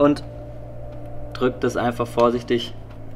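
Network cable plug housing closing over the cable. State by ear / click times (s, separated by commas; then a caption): not seated / none. A network cable plug with insulation-piercing metal contacts is being carefully squeezed shut over the cable with small water pump pliers while someone talks over a steady low hum. Nothing has seated or clicked yet.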